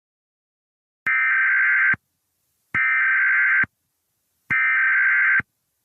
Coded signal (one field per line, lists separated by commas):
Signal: Emergency Alert System (SAME) tones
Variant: header bursts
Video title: EAS Scenario #34 Skinwalker!!